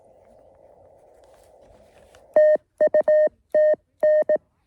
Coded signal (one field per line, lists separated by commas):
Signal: Morse code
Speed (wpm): 18 wpm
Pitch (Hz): 620 Hz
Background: none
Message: TU TN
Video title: KD2YDN activates W2/GC-115 Red Hill QRP SOTA